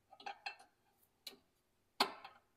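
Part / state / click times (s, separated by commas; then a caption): snap ring into the groove on an undercarriage shaft / seated / 2.0 s. A pry bar pushes a snap ring that was not fully seated down into its groove on a mini skid steer undercarriage shaft. A few light metallic ticks and scrapes come at about 0.3, 0.5 and 1.3 seconds, then a sharp, louder metallic click at 2.0 seconds. The snap ring seats in the groove and is confirmed in place.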